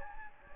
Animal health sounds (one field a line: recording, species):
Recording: mosquito wingbeat signal from an infrared sensor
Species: Anopheles gambiae